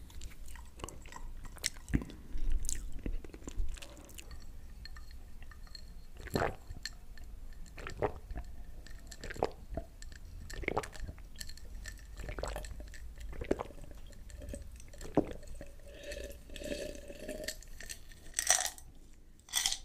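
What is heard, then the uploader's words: Someone drinks soda, with wet gulps, sips and mouth clicks arriving irregularly every second or so over a low steady hum. The sounds are sharp, and a cluster of brighter fizzy, gurgling swallows comes near the end. Drinking Old Jamaica Soda. (DRINKING SOUNDS).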